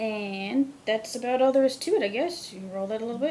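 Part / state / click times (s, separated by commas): revolver cylinder indexing in frame / not seated / none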